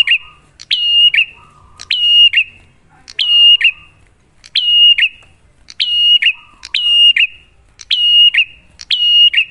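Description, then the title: Bar-winged prinia repeating crisp high phrases that end in a falling buzz, at a steady pace. Duet of the Cililin and Kapas Tembak song styles, used as a lure to train prenjak; bird singing actively (gacor) with a clear voice. "Masteran Duet Cililin Vs Kapas Tembak. Pancingan Prenjak Gacor Suara Jernih"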